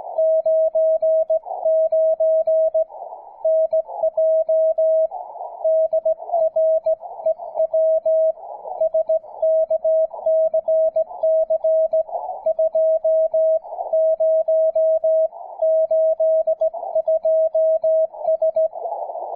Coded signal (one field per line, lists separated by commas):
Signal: Morse code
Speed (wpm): 17 wpm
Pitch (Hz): 640 Hz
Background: music, radio noise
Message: 99 NJ DREW SKCC 2082S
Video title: SKCC WES: Calling CQ